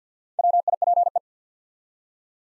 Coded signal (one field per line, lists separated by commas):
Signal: Morse code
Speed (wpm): 48 wpm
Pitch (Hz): 700 Hz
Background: none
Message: WIPE